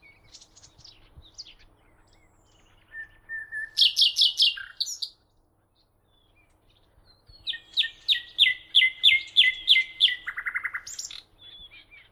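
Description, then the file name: Common nightingale song with sharp chacking notes, a brief whistle, a fast loud trill, a pause, then a fast repeated rattling trill ending in a buzzy burst. "Luscinia megarhynchos"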